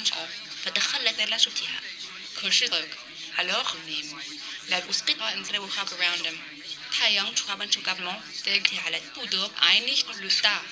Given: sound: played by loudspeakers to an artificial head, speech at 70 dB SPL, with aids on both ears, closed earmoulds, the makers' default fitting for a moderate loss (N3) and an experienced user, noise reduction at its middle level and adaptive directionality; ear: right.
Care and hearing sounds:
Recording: speech test signal (ISTS) in cocktail-party noise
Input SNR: +6 dB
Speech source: on the right (90 degrees)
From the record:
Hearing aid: class 1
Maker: B

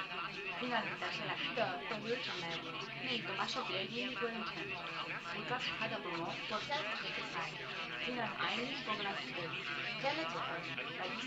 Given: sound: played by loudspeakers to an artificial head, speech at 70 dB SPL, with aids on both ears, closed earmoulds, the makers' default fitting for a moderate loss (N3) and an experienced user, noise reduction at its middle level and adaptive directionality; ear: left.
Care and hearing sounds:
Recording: speech test signal (ISTS) in cocktail-party noise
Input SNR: 0 dB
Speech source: on the right (90 degrees)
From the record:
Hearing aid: class 1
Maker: F

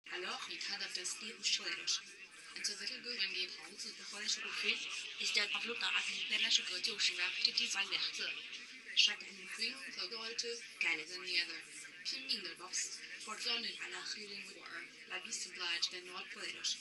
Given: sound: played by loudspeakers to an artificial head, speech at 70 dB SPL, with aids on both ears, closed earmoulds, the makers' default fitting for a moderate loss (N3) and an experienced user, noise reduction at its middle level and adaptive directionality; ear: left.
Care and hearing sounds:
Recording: speech test signal (ISTS) in cocktail-party noise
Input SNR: +6 dB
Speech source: on the right (90 degrees)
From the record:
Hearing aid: class 2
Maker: H

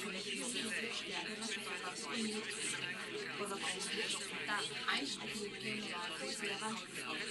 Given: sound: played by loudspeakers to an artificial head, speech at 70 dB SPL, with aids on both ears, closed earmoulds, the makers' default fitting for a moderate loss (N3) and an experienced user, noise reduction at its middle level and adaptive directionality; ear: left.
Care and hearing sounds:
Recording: speech test signal (ISTS) in cocktail-party noise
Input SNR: -3 dB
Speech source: on the right (90 degrees)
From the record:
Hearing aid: class 1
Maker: E

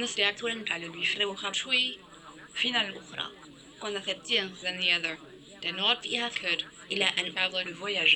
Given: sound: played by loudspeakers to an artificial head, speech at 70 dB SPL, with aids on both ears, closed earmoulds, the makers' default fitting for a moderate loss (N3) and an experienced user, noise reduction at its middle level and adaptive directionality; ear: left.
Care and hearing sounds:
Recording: speech test signal (ISTS) in cocktail-party noise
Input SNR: +9 dB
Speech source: in front (0 degrees)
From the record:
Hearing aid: class 1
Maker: C

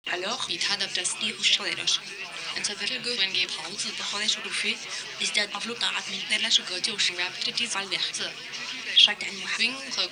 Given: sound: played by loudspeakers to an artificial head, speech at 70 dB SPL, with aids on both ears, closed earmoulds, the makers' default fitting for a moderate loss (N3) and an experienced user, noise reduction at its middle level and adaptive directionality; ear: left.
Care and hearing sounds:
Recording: speech test signal (ISTS) in cocktail-party noise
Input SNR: +6 dB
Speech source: in front (0 degrees)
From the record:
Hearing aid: class 2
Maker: A

